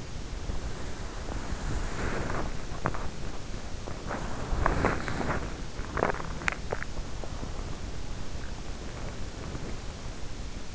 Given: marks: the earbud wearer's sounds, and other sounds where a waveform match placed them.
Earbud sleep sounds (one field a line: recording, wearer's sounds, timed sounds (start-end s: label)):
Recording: sounds in sleep by an in-ear microphone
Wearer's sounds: body movement, swallowing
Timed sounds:
0.00-10.75 s: body movement
2.74-3.07 s: swallowing
5.80-6.90 s: swallowing